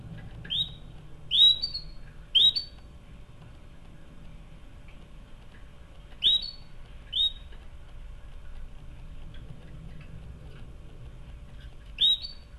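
Canary calls: bright upslurred chirps repeated irregularly, clustered early then sparser, with a faint steady hum underneath.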